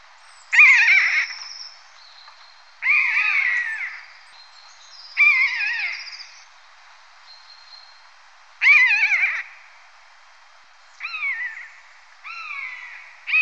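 Marmot giving loud, sharp whistled calls that drop in pitch, repeated roughly every two to three seconds, with a fainter high thin tone between calls.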